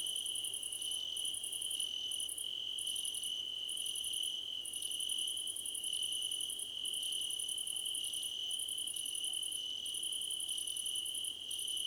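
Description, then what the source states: Crickets trilling together, one continuous high note plus very high bursts of rapid pulses with short breaks between and short intermittent chirps mixed in. Several crickets chirping together, described as a choir competition.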